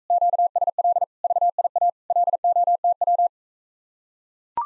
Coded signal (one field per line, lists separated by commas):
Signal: Morse code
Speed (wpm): 44 wpm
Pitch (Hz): 700 Hz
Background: none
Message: QSL VIA LOTW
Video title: Common QSO Phrases Speed-Racing - 28wpm